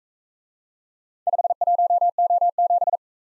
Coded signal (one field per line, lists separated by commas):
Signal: Morse code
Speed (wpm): 42 wpm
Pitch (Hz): 700 Hz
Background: none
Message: 51O7